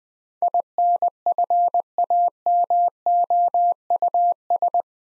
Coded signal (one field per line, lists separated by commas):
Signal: Morse code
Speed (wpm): 20 wpm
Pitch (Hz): 700 Hz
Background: none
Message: INFAMOUS